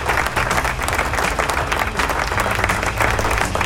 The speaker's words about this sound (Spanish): ¡Aplauso! Ahí están los aplausos. ¡Buenos aplausos!